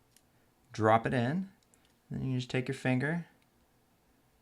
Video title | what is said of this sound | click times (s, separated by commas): O key replacement on the 13" Macbook Pro Unibody Core 2 Duo 2.26 Ghz | just drop it in like that. You'll kind of hear it click. | 0.2 s